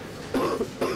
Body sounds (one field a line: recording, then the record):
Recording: coughing mixed with background sound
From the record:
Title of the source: Coughing 77